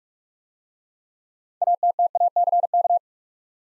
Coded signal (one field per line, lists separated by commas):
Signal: Morse code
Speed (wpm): 44 wpm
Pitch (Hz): 700 Hz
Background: none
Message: ATTACK